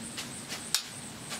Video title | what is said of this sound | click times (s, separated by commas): TRAP RUNDOWN ~ #3 Beginner Trapping Series ~ | that click right there that now allows you to know that that is perfectly set | 0.8 s